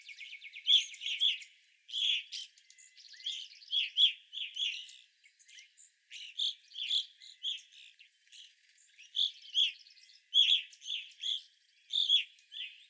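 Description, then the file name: Evening grosbeaks give loud, clear chirping calls, several birds overlapping in bursts throughout with brief pauses between. Several evening grosbeaks recorded on 25 April 2021. "2021-04-25 Evening Grosbeaks"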